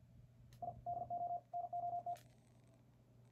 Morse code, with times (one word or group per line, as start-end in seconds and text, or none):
0.6-0.7 I
0.9-1.4 DO
1.5-2.1 NOT